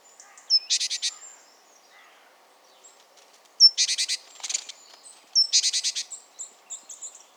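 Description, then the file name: Great tit harsh calls: three bursts, each a thin high note followed by a rapid buzzy rattle of about five notes, with faint chirps between. "Parus major"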